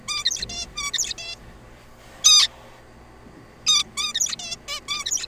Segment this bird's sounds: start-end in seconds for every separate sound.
0.08-0.24, 0.25-0.46, 0.49-0.67, 0.76-0.91, 0.94-1.14, 1.18-1.35, 2.24-2.48, 3.67-3.84, 3.97-4.13, 4.15-4.36, 4.39-4.57, 4.68-4.80, 4.88-5.04, 5.06-5.27